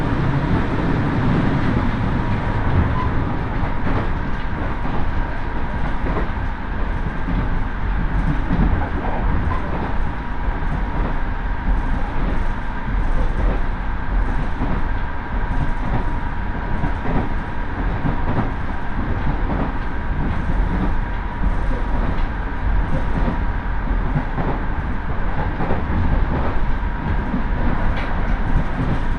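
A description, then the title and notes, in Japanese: A local train runs between stations, a steady rumbling ride with deep low-end rolling noise throughout. A faint steady tone hums above the rumble, and soft rhythmic clicks of wheels over rail joints recur every second or so, with a brief heavier thump near the end. 耳で楽しむ鉄道旅 予讃線 壬生川→今治。壬生川駅から今治駅までは普通列車で移動します。やってきたのは7000系+7100系電車の松山行きで、今治まで先行します。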